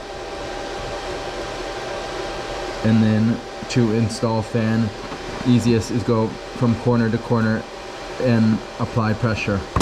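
A CPU cooler sitting on a motherboard is rotated slightly so its pins line up with the mounting holes, ahead of pressing the pins home. A steady whirring hum runs throughout while someone talks from about 2.8 seconds on. Nothing has seated or clicked yet.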